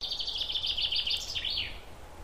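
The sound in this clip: Bird calls: a quick string of high, sharp chirps running for about a second and a half, ending in a few rising and falling notes, over steady low background noise.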